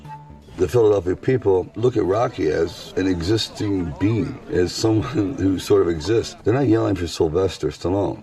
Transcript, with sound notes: The Philadelphia people look at Rocky as an existing being, as someone (laughs) who sort of exists. They're not yelling for Sylvester Stallone.